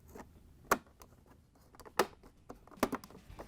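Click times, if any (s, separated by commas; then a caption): 0.7 s, 2.0 s, 2.8 s. A plastic ice funnel is lifted into the dispenser housing of an LG refrigerator (ice chute door part 5007JA3006R, fits Kenmore) and pressed onto its four locking tabs. Sharp plastic snaps ring out at 0.7, 2.0 and 2.8 seconds, with a softer follow-up snap just after the last and quiet handling rustle in between. The funnel ends up seated and locked in place.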